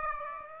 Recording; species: mosquito wingbeat signal from an infrared sensor; Aedes aegypti